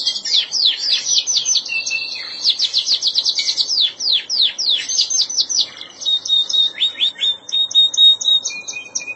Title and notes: Suara Burung Kenari